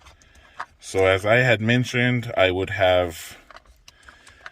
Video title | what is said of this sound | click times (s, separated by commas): CarTrimHome T10 6/128 HU 3rd Gen TOYOTA TACOMA-INSTALLATION | they literally click into place | 0.6 s